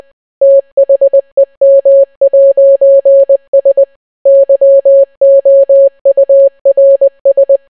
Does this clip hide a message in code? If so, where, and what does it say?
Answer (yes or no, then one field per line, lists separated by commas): yes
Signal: Morse code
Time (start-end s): 0.4-7.6 s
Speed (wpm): 20 wpm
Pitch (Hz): 550 Hz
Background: none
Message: THEM'S YOURS